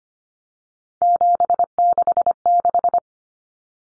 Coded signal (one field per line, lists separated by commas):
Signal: Morse code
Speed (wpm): 25 wpm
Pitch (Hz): 700 Hz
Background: none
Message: 766